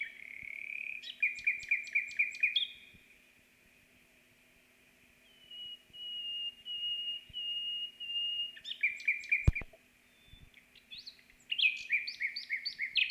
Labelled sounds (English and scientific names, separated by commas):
Common Nightingale (Luscinia megarhynchos) song